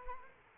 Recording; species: mosquito wingbeat signal from an infrared sensor; Aedes aegypti